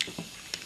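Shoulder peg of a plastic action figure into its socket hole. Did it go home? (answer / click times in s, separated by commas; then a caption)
yes / 0.0 s. During transformation of a plastic Transformers figure, the second shoulder is swung back and its plastic shoulder peg is pushed into the socket hole, clipping into place with a sharp click at 0.0 s. A second similar click follows at about 0.5 s, and the shoulder peg is seated.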